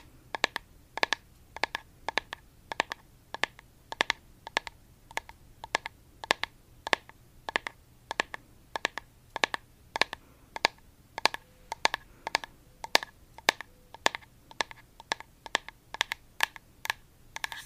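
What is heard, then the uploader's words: ASMR tapping: sharp, crisp taps come in a steady stream of roughly two or three per second, some clustered in quick doubles, with bright clicky tops. A low, faint hum runs underneath throughout, and a soft tone briefly appears around the middle. Blue yeti microphone. Asmr tapping.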